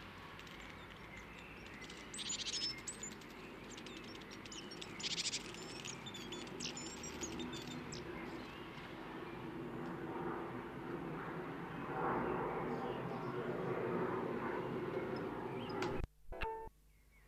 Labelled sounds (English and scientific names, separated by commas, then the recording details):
Great Tit (Parus major) call
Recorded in the wild
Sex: male
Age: adult
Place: Kaiserslautern, Rheinland-Pfalz, DE
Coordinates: 49.4247, 7.77889
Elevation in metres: 279
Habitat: garden
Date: 1977-05-15
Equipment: Nagra IV, Sennheiser MKH 405, Parabolreflektor
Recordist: Tretzel, Erwin